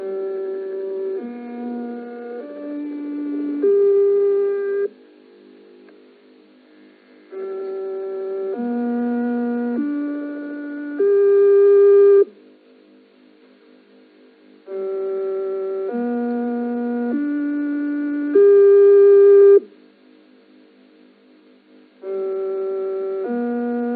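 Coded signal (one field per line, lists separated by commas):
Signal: numbers station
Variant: G08 interval signal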